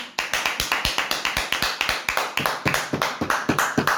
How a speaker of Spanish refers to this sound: Por favor, un aplauso.